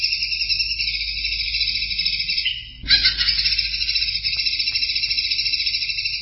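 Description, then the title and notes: Greater green leafbird song: a dense, high, shimmering trill held almost without pause, with one brief break midway where a rougher, lower burst of notes cuts in. Champion songbird (juara). "Kicau Burung Cucak Ijo Juara. Suara kicauan burung cucak ijo"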